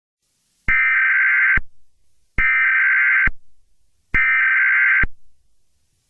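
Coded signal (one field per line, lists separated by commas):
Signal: Emergency Alert System (SAME) tones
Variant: header bursts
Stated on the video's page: Fictional EAS scenario, made with Audacity.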